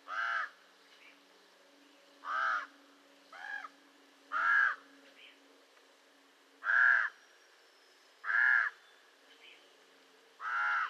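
Raven calling with seven single harsh, hoarse croaks at uneven intervals against a quiet background.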